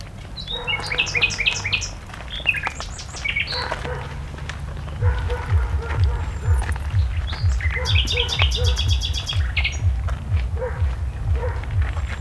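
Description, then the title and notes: Common nightingale song in varied bursts of rapid repeated notes, some high and buzzy and some lower and richer, over a steady low rumble. At the Poglianasca farmstead, via San Carlo, Arluno, Milan, Italy. "Usignolo alla cascina Poglianasca"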